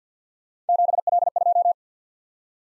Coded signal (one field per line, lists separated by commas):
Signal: Morse code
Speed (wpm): 52 wpm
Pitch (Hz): 700 Hz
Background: none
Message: 7L2